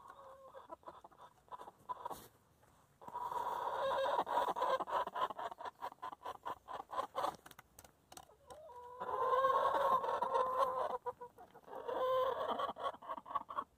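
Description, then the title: Chickens clucking in long rapid runs of overlapping notes with harmonic squawks, pausing briefly between busy stretches. Chickens in their coop. "In the chicken coop - A csirkeólban"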